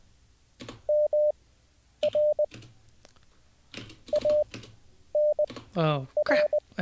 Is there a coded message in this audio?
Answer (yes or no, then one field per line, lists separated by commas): yes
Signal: Morse code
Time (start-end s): 0.9-6.6 s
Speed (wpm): 20 wpm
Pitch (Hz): 600 Hz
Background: speech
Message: M R A N R